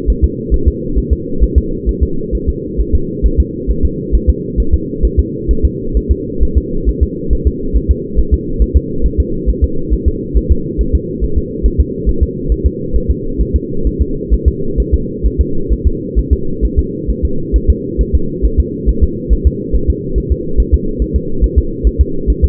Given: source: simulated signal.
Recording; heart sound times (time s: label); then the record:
fetal heart sounds
0.10 s: S1
0.24 s: S2
0.54 s: S1
0.68 s: S2
0.98 s: S1
1.13 s: S2
1.43 s: S1
1.58 s: S2
1.89 s: S1
2.03 s: S2
2.35 s: S1
2.49 s: S2
2.80 s: S1
2.95 s: S2
3.26 s: S1
3.40 s: S2
3.71 s: S1
3.85 s: S2
4.15 s: S1
4.30 s: S2
4.60 s: S1
4.74 s: S2
5.05 s: S1
5.20 s: S2
5.51 s: S1
5.65 s: S2
5.97 s: S1
6.12 s: S2
6.43 s: S1
6.58 s: S2
6.89 s: S1
7.03 s: S2
7.33 s: S1
7.47 s: S2
7.77 s: S1
7.91 s: S2
8.19 s: S1
8.34 s: S2
8.62 s: S1
8.77 s: S2
9.06 s: S1
9.20 s: S2
9.49 s: S1
9.64 s: S2
9.94 s: S1
10.08 s: S2
10.37 s: S1
10.52 s: S2
10.81 s: S1
10.95 s: S2
11.24 s: S1
11.38 s: S2
11.66 s: S1
11.80 s: S2
12.09 s: S1
12.23 s: S2
12.52 s: S1
12.66 s: S2
12.96 s: S1
13.11 s: S2
13.41 s: S1
13.56 s: S2
13.87 s: S1
14.02 s: S2
14.34 s: S1
14.48 s: S2
14.80 s: S1
14.94 s: S2
15.26 s: S1
15.41 s: S2
15.73 s: S1
15.87 s: S2
16.19 s: S1
16.33 s: S2
16.65 s: S1
16.79 s: S2
17.10 s: S1
17.25 s: S2
17.56 s: S1
17.70 s: S2
18.01 s: S1
18.15 s: S2
18.45 s: S1
18.60 s: S2
18.89 s: S1
19.04 s: S2
19.33 s: S1
19.47 s: S2
19.76 s: S1
19.90 s: S2
20.18 s: S1
20.32 s: S2
20.60 s: S1
20.74 s: S2
21.02 s: S1
21.16 s: S2
21.44 s: S1
21.58 s: S2
21.87 s: S1
22.01 s: S2
22.30 s: S1
22.45 s: S2
From the record:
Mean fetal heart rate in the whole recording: 135 bpm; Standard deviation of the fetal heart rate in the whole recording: 3 bpm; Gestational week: 34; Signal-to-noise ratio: -8.1 dB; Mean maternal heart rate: 72 bpm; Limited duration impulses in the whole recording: absent